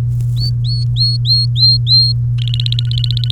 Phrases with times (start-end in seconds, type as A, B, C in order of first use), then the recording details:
0.37-2.13 A, 2.38-3.32 B. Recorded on 3 May 2018 at 14:42. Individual llb3